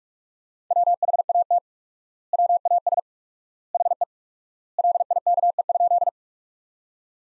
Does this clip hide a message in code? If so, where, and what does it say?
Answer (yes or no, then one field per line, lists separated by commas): yes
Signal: Morse code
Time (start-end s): 0.7-6.1 s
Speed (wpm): 44 wpm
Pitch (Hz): 700 Hz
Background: none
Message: WHAT WAS HE LIKE?